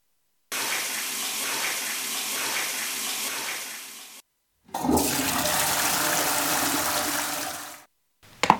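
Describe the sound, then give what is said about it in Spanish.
A few seconds of steady, hissing running water stop, and after a short pause a toilet flush roars in with a low gurgling rush before cutting off. A brief clatter follows. No one speaks. “Voy a mear y seguimos. ¿Te apetece un vaso de agua?”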